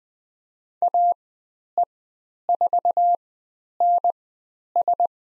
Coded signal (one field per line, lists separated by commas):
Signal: Morse code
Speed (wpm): 20 wpm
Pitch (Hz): 700 Hz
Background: none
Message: AE4NS